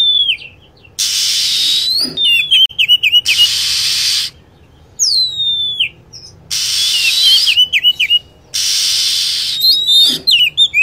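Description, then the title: Lovebird calls: bursts of rapid high chirps and falling whistles, alternating with blocks of loud hissing noise. Lure sound used to attract lovebirds. "PIKAT BURUNG LOVEBIRD"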